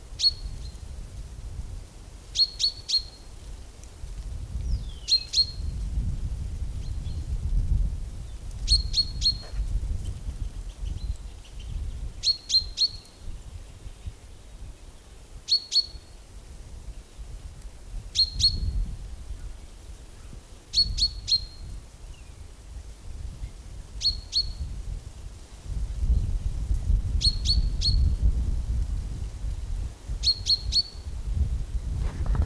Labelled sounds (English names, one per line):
Common Chaffinch